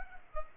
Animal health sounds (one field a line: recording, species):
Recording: mosquito wingbeat signal from an infrared sensor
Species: Culex pipiens